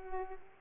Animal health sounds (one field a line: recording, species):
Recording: mosquito wingbeat signal from an infrared sensor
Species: Culex pipiens